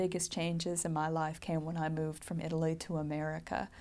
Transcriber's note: none